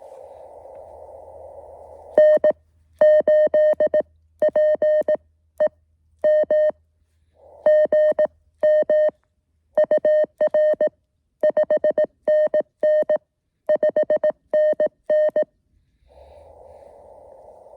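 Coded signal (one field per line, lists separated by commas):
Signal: Morse code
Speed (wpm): 18 wpm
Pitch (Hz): 620 Hz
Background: none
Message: N8PEM GM UR 5NN 5NN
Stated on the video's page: QRP SOTA summit activation.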